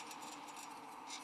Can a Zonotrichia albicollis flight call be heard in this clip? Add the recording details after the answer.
no. No flight call is heard. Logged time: 04:33 on 13 December 2014